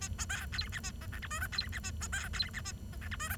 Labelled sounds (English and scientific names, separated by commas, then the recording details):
Bengalese Finch (Lonchura striata domestica) song
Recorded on 23 June 2012 at 10:17
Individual gr41rd51